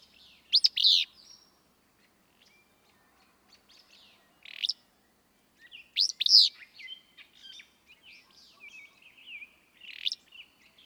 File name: Willow Flycatcher